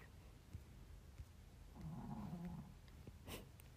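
One low, rumbling snore from a Pomeranian sleeping under a bed. The snore is in keeping with the dog's narrow windpipe, a congenital condition of the breed with no especially good treatment.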